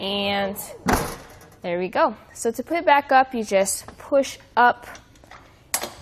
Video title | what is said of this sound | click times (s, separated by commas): etrailer - Fit Test: Curt Bike Rack for 4 Bikes with 2020 Chevrolet Tahoe | it snaps into place | 5.7 s